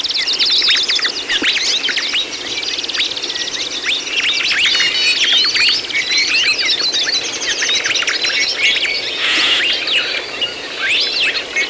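Birds sing continuously in a thick chorus of quick chirps, buzzy trills and piercing whistled notes, with no pauses throughout.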